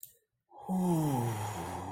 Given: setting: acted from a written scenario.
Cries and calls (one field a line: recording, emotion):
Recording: vocal sound without words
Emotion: relief